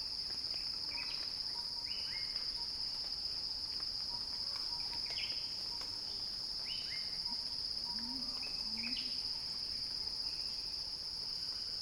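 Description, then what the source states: Cicada song, a ceaseless high buzz, with frequent stepped chirps from other callers and a couple of low calls later on. Recording titled Cicada Crescendo.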